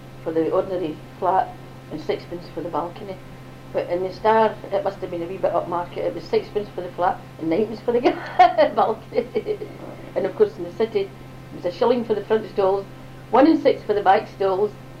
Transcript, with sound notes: for the ordinary flat, and sixpence for the balcony, which in the Star it must have been a wee bit upmarket, 'cause it was sixpence for the flat and ninepence for the balcony! [laughs] And of course in the city, it was a shilling for the front stall, one and six for the back stalls,